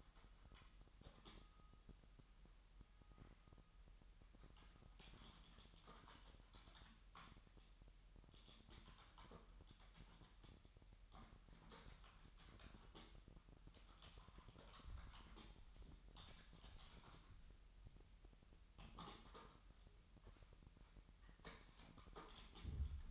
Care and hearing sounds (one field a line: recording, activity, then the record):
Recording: daily activity, microphone in the room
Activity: typing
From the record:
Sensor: 3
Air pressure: 1002.0 hPa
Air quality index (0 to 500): 246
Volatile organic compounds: 50 ppm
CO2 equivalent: 3295 ppm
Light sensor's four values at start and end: 13/39/16/14 and 13/38/16/14